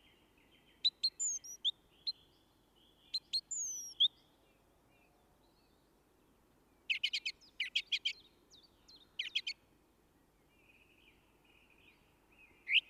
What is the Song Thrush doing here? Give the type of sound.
song